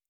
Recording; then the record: hydrophone in a shrimp aquaculture tank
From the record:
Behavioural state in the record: normal